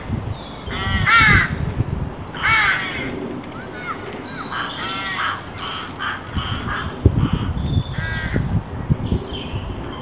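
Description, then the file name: Carrion crow giving a series of rasping caws, two loud ones early then a quicker run of shorter calls, over heavy low rumbling and thumping noise. "Corvus corone"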